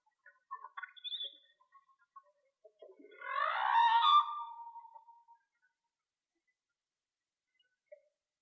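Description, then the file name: Whale song: a single swooping, rising moan with rough harmonics lasting about two seconds, preceded by faint short chirps and followed by near silence. "Whale Song-colin"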